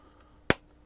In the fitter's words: locks right in you can you can feel and hear the Locking